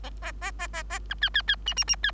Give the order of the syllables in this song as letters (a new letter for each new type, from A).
A A A A A B C C C D D D C